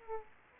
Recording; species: mosquito wingbeat signal from an infrared sensor; Aedes aegypti